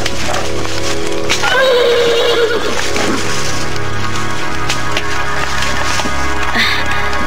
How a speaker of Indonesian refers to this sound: Si tunggul kembali meringkik dan kini mendekati Raden Purbaya sambil menghentak-hentakkan kakinya dan sesekali menggerakkan kepalanya ke kiri dan kanan seakan-akan hendak memberikan salam pada Raden Purbaya.